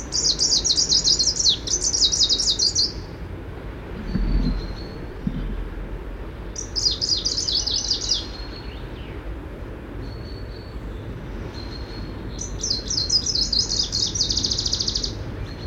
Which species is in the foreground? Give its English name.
Greenish Warbler